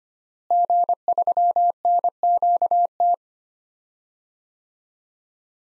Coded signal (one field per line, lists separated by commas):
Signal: Morse code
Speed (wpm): 25 wpm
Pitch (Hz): 700 Hz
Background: none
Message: G3NQT